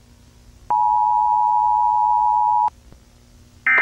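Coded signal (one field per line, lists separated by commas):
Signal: Emergency Alert System (SAME) tones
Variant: 853 and 960 Hz attention tone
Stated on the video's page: Fictional EAS scenario; alarm sounds same as the real ones.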